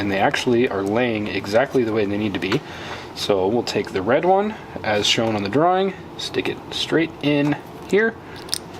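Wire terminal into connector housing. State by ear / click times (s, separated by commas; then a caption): seated / 8.5 s. Someone talks while a red wire terminal is pushed straight into a plastic connector housing of a DCCD harness. A sharp click at 8.5 s marks the terminal seating firmly in the housing.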